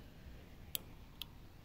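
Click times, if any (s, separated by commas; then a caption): 0.7 s, 1.2 s. Sewing thread, held at both ends, is pulled up into the check spring of the tension assembly on a Juki DNU-1541 industrial walking-foot sewing machine until it passes the small metal piece. Two small, sharp clicks sound at 0.8 s and 1.2 s over a quiet background. The thread snaps past the check spring and is seated.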